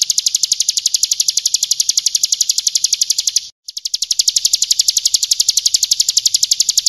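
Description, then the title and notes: Bar-winged Prinia song: a high, fast, steady rattling trill running almost without pause, broken once by a brief gap midway. Continuous trilling song style called ngebren, recorded for use as a training recording for magpie-robins. "Suara burung ciblek - Suara Nada"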